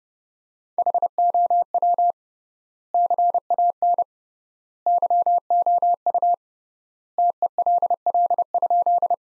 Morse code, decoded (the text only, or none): HOW CAN YOU TELL?